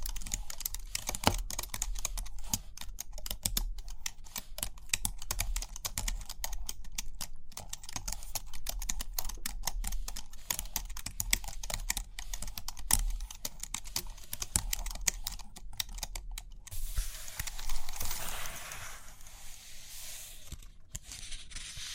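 Rapid, dense tapping and light clicking run almost without pause, like fingers or a pen working quickly on a surface, over a low steady hum. Near the end, around seventeen seconds, a softer rustling swell takes over, like a page being turned, before the tapping resumes.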